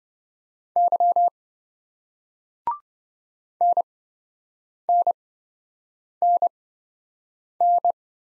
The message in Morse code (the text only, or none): Y NNNN